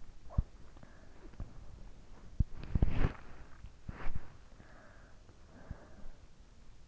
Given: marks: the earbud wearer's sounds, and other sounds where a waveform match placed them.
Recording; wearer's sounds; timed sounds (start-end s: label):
sounds in sleep by an in-ear microphone; body movement, breath
0.02-4.82 s: body movement
0.28-1.92 s: breath
4.42-6.42 s: breath